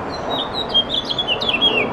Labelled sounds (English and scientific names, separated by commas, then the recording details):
House Finch (Haemorhous mexicanus) song
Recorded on Long Island, New York, on 18 June 2012
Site BA
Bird C